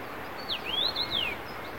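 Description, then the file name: Common rosefinch song: a single brief phrase of clear whistled notes, a downslur, an upslur and a falling sweep, over hissing background noise. Recorded 25 June 2017. "Roselin cramoisi 25 6 17"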